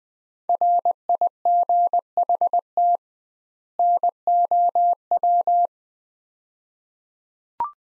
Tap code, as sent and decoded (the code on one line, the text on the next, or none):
none